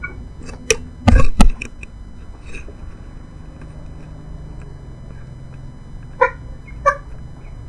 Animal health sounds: poultry house recording; background noise or bird activity such as feeding and pecking

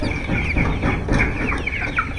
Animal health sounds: poultry house recording; background noise or bird activity such as feeding and pecking

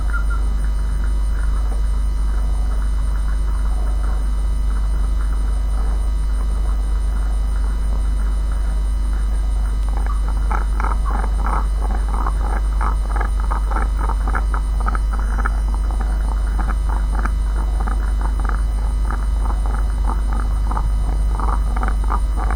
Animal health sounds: poultry house recording; sick chickens (respiratory disease)

